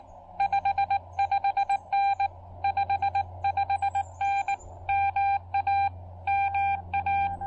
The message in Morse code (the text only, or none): 55N 55N MA MA